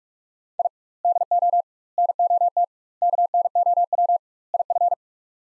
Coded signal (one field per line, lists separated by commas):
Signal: Morse code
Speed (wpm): 42 wpm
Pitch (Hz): 700 Hz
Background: none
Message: I DO NOT KNOW IF